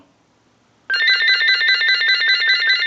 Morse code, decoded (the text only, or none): none